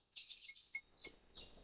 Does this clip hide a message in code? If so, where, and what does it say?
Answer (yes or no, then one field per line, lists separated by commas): no